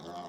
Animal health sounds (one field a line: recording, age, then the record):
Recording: pig call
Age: piglet (1 to 25 days)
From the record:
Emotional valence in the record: negative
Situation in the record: long isolation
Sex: female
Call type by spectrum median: low-frequency call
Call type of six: low-frequency modulated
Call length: 0.29 s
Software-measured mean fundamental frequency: 55 Hz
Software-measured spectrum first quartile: 512 Hz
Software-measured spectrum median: 748 Hz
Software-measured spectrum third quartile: 1665 Hz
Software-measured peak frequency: 693 Hz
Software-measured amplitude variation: 84 dB a second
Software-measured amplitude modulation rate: 12.0 a second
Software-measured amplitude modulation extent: 6.9 dB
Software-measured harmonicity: 1.8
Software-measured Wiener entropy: -1.11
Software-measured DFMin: 1603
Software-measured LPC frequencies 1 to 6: 664, 3234, 3634, 5232, 7199, 9988 Hz